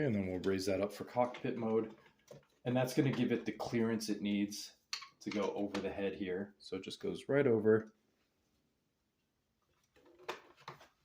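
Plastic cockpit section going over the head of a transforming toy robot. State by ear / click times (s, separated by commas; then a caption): seated / 10.3 s, 10.7 s. Someone talks while the raised plastic cockpit section of a Spin Master Batman Gotham Guardian transforming toy robot is swung over the robot's head and pressed down. Two sharp clicks at 10.3 s and 10.7 s mark the section clicking into place, mostly at first and then locked in.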